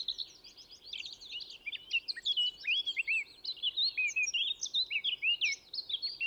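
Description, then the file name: Eurasian blackcap warbling song, a dense rapid stream of twittering notes and slurred whistles that never pauses, over a soft low rumble. "Sylvia atricapilla"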